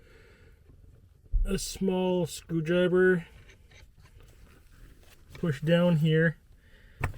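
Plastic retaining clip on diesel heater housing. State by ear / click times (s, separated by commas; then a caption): released / 7.0 s. A small screwdriver is pushed down and levered against the plastic retaining clip on the housing of an Espar D2 diesel heater while someone talks. A sharp click is heard at 7.0 s as the clip releases open.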